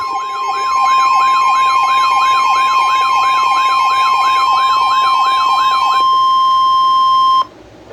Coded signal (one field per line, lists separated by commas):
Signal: Emergency Alert System (SAME) tones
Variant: 1050 Hz attention tone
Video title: August Slight Insanity | EAS Alerts From 8/3/2022 (EAS #1,648-1,693)